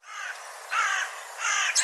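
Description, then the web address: Bird giving harsh, hoarse caws: three rough drawn-out calls in under two seconds, with a brief sharp note at the end. "cianscape birddata Deverinetal 2025 File cleaned normalized Bird"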